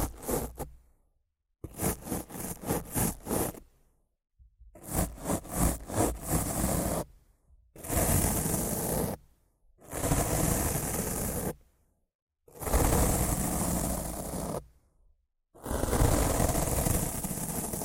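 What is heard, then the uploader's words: Rough scratching and brushing against a microphone come in bursts of about one to two seconds, split by short silent gaps. Early passes have quick, regular scraping strokes, while later bursts turn into denser, steadier rasping and rubbing that fills everything from low rumble to bright hiss. ASMR Rough Mic Scratching & Brushing (No Talking).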